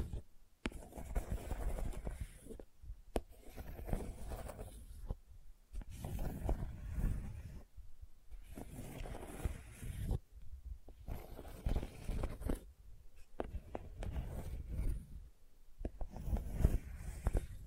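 Gentle scratching comes in soft, uneven bursts of a second or two, separated by brief quiet gaps. The strokes are mostly low and muffled, with a light hiss above. A few sharp clicks and taps cut in now and then.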